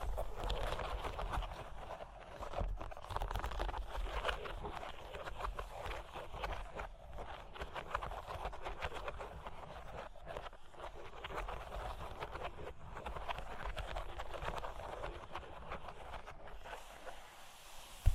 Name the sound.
Cork and Wood Tapping, Scratching, Tracing